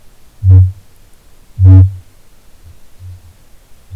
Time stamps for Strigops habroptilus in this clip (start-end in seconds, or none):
0.00-2.17, 2.54-3.96